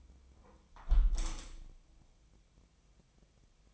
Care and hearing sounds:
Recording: daily activity, microphone in the room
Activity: close window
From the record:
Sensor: 1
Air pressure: 1014.9 hPa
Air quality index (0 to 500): 31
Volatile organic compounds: 1 ppm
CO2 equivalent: 541 ppm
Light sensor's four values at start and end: 10/25/10/11 and 10/25/10/11

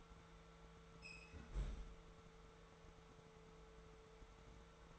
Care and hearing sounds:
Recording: daily activity, microphone in the room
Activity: close fridge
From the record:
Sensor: 3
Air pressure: 1014.8 hPa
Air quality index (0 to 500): 198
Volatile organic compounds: 27 ppm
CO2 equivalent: 2890 ppm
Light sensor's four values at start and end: 15/37/15/16 and 13/31/13/13

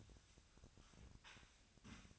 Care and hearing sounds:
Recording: daily activity, microphone in the room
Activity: sweep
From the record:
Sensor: 2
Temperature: 25.5 degrees Celsius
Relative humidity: 38.8%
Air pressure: 1006.8 hPa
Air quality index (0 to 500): 198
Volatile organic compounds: 13 ppm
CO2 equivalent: 2426 ppm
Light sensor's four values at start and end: 9/22/9/9 and 9/22/9/9

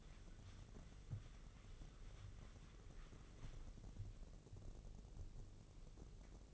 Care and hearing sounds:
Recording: daily activity, microphone in the room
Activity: wipe stove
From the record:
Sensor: 4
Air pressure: 1013.2 hPa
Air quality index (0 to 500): 178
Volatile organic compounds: 2 ppm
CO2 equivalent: 1118 ppm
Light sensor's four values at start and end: 94/237/98/104 and 94/236/97/103

